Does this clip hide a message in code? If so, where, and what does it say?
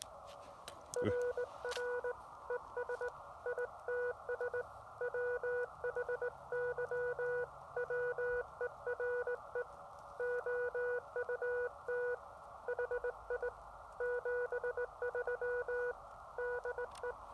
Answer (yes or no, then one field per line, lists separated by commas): yes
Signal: Morse code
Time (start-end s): 1.0-17.1 s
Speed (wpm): 18 wpm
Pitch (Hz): 490 Hz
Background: none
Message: RR ES ITS WHY WERE OUT HI 73 DE